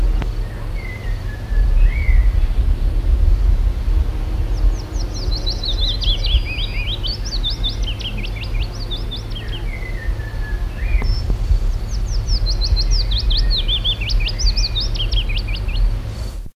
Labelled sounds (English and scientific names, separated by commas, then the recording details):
Willow Warbler (Phylloscopus trochilus) song
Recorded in the wild
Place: Mogersdorf, Burgenland, AT
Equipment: Halbspur, 9,5 cm/s
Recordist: Lütgens, Hans
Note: Gesang